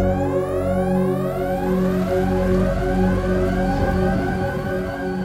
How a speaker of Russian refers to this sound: В этот момент под металлическим потолком шлюза завыли сирены.